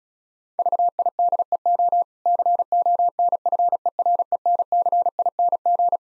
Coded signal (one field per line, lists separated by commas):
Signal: Morse code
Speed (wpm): 36 wpm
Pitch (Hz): 700 Hz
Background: none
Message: VIDEO CONFERENCING